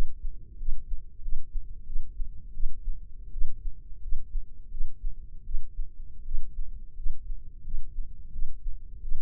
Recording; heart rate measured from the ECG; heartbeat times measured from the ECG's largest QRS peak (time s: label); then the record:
heart sounds by microphone in the left ear; 85 bpm
0.58 s: heartbeat
1.21 s: heartbeat
1.85 s: heartbeat
2.53 s: heartbeat
3.31 s: heartbeat
4.01 s: heartbeat
4.70 s: heartbeat
5.44 s: heartbeat
6.24 s: heartbeat
6.95 s: heartbeat
7.63 s: heartbeat
8.31 s: heartbeat
9.01 s: heartbeat
From the record:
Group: healthy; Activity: rest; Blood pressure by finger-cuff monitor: 104/65 mmHg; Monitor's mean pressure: 79 mmHg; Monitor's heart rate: 88 bpm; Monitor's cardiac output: 7.4 L/min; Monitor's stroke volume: 86 mL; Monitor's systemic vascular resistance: 770 dyn s/cm5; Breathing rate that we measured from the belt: 21 breaths a minute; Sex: female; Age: 22 years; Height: 157 cm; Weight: 47.6 kg